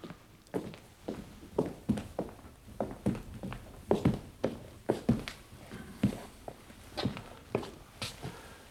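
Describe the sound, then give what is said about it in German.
Footsteps walk at a steady, even pace, each step a crisp thud, growing a little louder as they approach. No voices. “Wenn Sie ein paar Schritte näher kommen wollen.”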